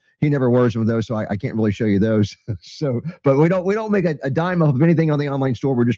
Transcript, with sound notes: He never wears them, though, so I-I can't really show you those. (Laughs) So... But we don't, we don't make a, a dime off of anything on the online store.